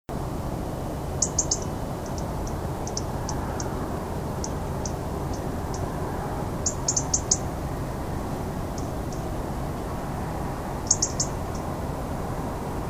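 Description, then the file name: European robin sharp ticking in three clear bursts, with fainter scattered single ticks between them, set against a steady low rumble. "Erithacus rubecula"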